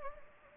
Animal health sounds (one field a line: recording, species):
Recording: mosquito wingbeat signal from an infrared sensor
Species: Anopheles arabiensis